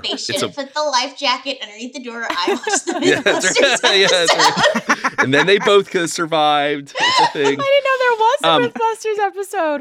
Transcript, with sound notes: Yeah, they should’ve put the life jacket underneath the door. I’ve watched Mythbusters’ episode.
[laughter] And then they both could’ve survived the thing.
I didn’t know there was a Mythbusters’ episode.